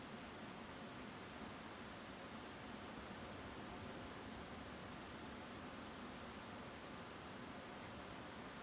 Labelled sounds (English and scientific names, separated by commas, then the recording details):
Song Thrush (Turdus philomelos)
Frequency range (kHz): Song Thrush (Turdus philomelos) 5.9-7.3 kHz
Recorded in France